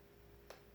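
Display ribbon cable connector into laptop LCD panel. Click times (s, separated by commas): 0.5 s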